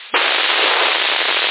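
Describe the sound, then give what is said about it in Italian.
A dense, unbroken crackle of firecrackers bursts in after a brief pause and holds at a steady, loud level for over a second, with no voices. “Vabbè, ti fai due spari e poi dopo ti si cocchi.”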